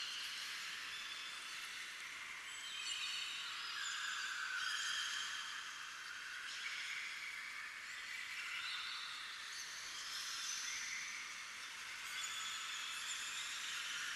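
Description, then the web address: Birds chirping and squeaking in a dense, continuous chorus of short high-pitched notes that swell and fade in waves. Heavy bird chirping and squeaking ambience recorded in a cave. "Hollywood Edge sound designer's toolkit v 2. Bird Ambience In Cave Heavy Bird Chirps and Squeaks"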